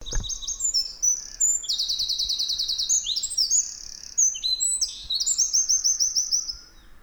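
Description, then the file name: Eurasian wren song: loud, rapid high trills and ringing repeated notes in fast rattling runs, with quick changes in pitch and barely a pause throughout, over a quiet low rumble. "Troglodytes troglodytes"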